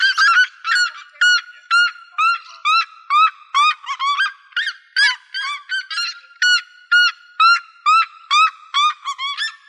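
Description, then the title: Bird calls: loud, nasal, honking notes with strong harmonics, repeated about twice a second in a steady, slightly uneven series. "LuckyPassaros CompletosSama"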